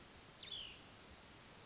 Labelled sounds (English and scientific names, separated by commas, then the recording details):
Cassin's Vireo (Vireo cassinii)
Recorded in Sonoma County, California